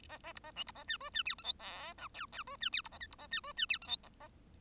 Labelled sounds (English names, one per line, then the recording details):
Bengalese Finch song
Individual Bird1